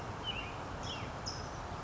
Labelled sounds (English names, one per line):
Western Tanager